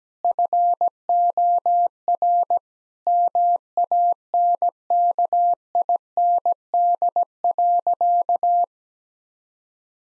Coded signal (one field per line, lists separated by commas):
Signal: Morse code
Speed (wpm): 17 wpm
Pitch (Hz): 700 Hz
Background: none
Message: FOR MANKIND.